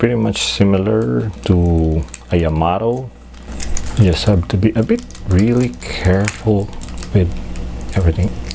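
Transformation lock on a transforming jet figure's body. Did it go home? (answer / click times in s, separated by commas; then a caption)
no / none. Someone talks while handling the transformation lock on the body of a die-cast and plastic Bandai Hi-Metal Macross VF-1J transforming jet figure as it is transformed into robot (Batroid) mode. Faint handling noises and a couple of brief sharp taps near 3.6 s and 3.8 s are heard under the talking. Nothing has seated or clicked into place yet.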